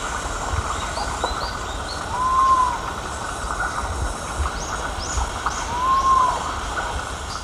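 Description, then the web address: Sapphire quail-dove song: a soft, arched hooting note, rising then falling, given twice, over steady hiss with thin high chirps of other birds. Recorded in the eastern lowlands of South America. "S America Eastern Lowlands Geotrygon saphirina, song"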